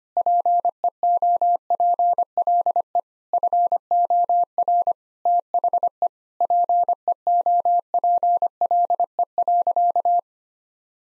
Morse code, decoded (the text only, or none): PEOPLE FOR THE PEOPLE.